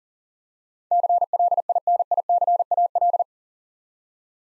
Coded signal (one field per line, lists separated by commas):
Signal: Morse code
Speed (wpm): 44 wpm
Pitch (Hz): 700 Hz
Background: none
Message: CLINICAL